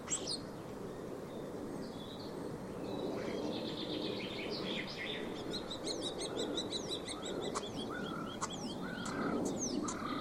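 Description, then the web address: Common starling calling: a few scattered notes, then a run of rapid clicks and short whistles. "Deverinetal 2025. Bird Only"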